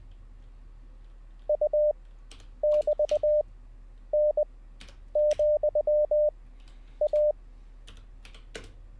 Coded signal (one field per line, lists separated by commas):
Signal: Morse code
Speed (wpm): 20 wpm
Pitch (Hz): 600 Hz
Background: none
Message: U<BT>N,A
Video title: How To Learn Morse Code LIVE with N0SSC (Day 11)